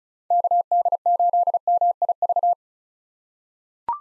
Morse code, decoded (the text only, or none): KD8MIV